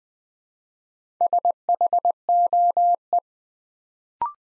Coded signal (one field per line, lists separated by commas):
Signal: Morse code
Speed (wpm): 20 wpm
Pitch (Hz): 700 Hz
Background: none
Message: SHOE